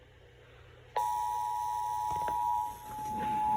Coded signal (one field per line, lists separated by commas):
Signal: Emergency Alert System (SAME) tones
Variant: 853 and 960 Hz attention tone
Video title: EAS 931-933 WFLS, WBQB, and WJON/IP relays the Fredericksburg Monthly Test